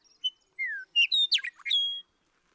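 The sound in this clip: Western meadowlark delivering one rich whistled phrase, opening with a short note and slurred whistle, then a quick gurgling jumble and a drawn-out final whistle.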